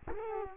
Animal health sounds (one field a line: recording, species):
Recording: mosquito wingbeat signal from an infrared sensor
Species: Culex quinquefasciatus